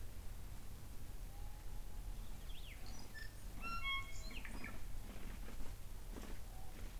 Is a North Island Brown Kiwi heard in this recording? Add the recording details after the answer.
no. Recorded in New Zealand on 24 November 2013. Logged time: 03:42. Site CF70